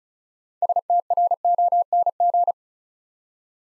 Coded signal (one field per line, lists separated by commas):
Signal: Morse code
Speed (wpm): 36 wpm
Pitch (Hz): 700 Hz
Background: none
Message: STRONG